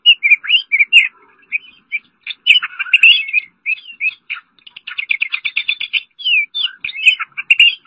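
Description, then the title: Oriental magpie-robin singing a varied, rich song of clear whistles, slurred notes and fast chattering trills, with short pauses between phrases. Song (kicauan). "Suara Kicauan Burung Kacer"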